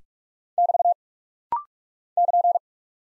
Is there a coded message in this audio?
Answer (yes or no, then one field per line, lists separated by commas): yes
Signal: Morse code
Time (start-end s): 0.6-2.6 s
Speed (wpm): 44 wpm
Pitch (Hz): 700 Hz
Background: none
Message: <BT> <KN>